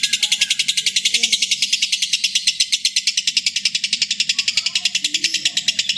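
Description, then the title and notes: Lovebird pours out a shrill, buzzy, fast-pulsed chatter without stopping, over a faint low hum and scattered soft chirps. Long ngekek song of a lovebird, used as a lure to train other songbirds (kicau pancingan). "suara Master Kicau Lovebird ngekek, kicau pancingan"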